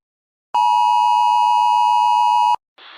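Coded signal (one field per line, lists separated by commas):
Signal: Emergency Alert System (SAME) tones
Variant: 853 and 960 Hz attention tone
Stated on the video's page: Fictional analog horror emergency alert for extreme fire danger in Los Angeles.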